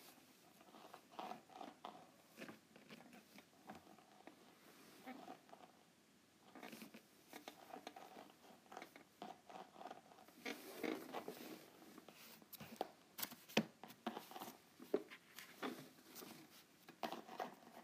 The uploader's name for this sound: ASMR Groovy Note Pad